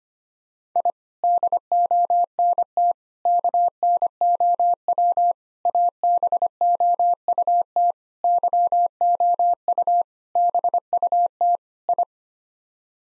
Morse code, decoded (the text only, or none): I DONT KNOW ABOUT YOU BUT I